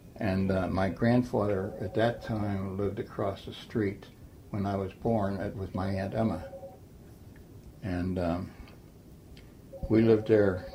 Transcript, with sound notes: And um, my grandfather, at that time, lived across the street when I was born - that was my aunt Emma. (phone ringing in background) And we lived there.